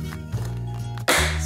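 With music playing underneath, a plywood fold-down table is lifted up against its wall-mounted frame, where magnets hold it. It snaps closed into the frame with a loud thunk at 1.1 s and is seated.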